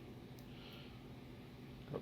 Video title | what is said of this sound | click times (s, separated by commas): Argh!! (road to blade mini ep 11) | this washer pops right in there brings it back out to the correct thickness | 2.0 s